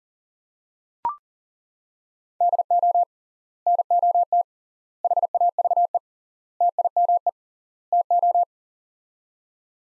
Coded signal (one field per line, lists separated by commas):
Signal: Morse code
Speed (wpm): 40 wpm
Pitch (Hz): 700 Hz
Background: none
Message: DO NOT HAVE TIME TO